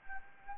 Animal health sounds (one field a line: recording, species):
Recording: mosquito wingbeat signal from an infrared sensor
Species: Anopheles gambiae